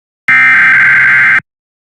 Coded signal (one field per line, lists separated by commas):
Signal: Emergency Alert System (SAME) tones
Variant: header bursts